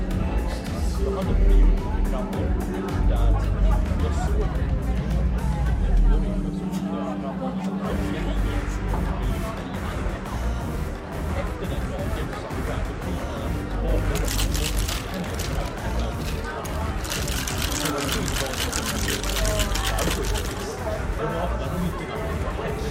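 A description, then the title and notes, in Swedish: Murmuring bar ambience: dense, steady crowd chatter over a low rumble, with brighter clatter and louder voices rising around the middle and later. Baren. En timme sorlande barljud.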